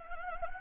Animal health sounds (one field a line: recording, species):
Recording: mosquito wingbeat signal from an infrared sensor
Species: Anopheles gambiae